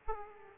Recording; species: mosquito wingbeat signal from an infrared sensor; Aedes aegypti